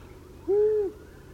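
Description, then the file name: Long-eared owl giving a single low hoot lasting under half a second, against quiet background hiss. "Gufo Comune"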